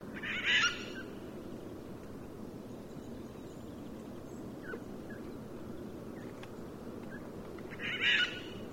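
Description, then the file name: Eurasian jay: two grating, scratchy screams from a Eurasian jay, one near the start and one near the end, separated by a quiet stretch of low hiss. "Garrulus glandarius"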